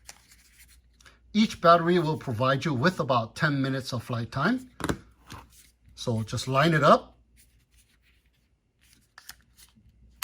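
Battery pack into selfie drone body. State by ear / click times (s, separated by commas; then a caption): seated / 10.2 s. Someone talks, then a proprietary 1050 mAh battery pack is lined up and pushed into the back of a HOVER X1 selfie drone by Zero Zero Robotics. After a few faint ticks, the battery snaps into place with a sharp click at 10.2 s.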